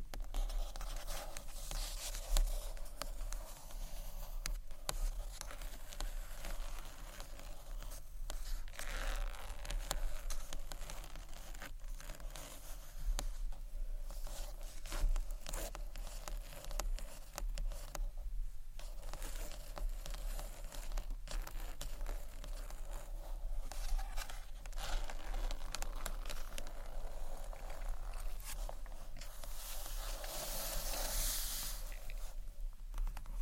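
Gentle scratchy tapping on books runs steadily throughout, a dense, bright rasp made of quick fingernail-like scrapes and small clicks. Sharper, brighter bursts of scratching stand out near the start, around 10 and 15 seconds, and again near 30 seconds.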